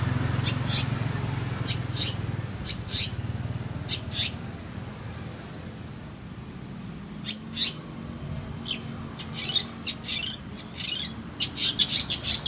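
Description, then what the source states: Long-tailed shrike song of short, sharp high chirps and clicks in scattered bursts, busier near the end, over a low steady hum. Indonesian name cendet; song style called kombinasi (combination).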